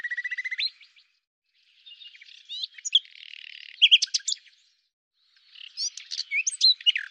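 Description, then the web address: Common nightingale song: a rapid rattle of repeated notes opens, then varied phrases of chirps, scratchy notes and sharp whistles follow with brief pauses between them. "cianscape birddata Deverinetal 2025"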